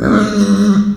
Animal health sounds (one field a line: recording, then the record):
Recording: squeal of a Yucatan mini pig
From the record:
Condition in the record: after surgery on the right vocal fold (resection and tissue-engineered implant)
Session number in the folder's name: 7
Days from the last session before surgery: 47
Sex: female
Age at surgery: 19 weeks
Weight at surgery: 25 kg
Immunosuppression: prednisolone